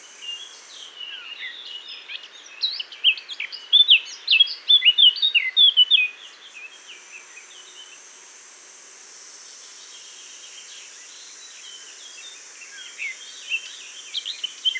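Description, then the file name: Eurasian blackcap with a busy, chattering warble of varied high notes peaking midway, then quieter scattered twittering continuing to the end. "Sylvia atricapilla"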